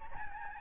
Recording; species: mosquito wingbeat signal from an infrared sensor; Aedes albopictus